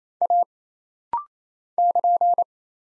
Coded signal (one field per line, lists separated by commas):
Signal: Morse code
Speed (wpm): 27 wpm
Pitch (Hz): 700 Hz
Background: none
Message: A <KN>